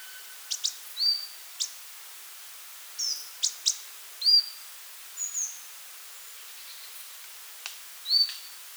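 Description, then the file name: Marsh Tit calls: sharp, high upslurred notes with a short whistled tail, given irregularly among scattered thin ticks and chips. "Poecile palustris"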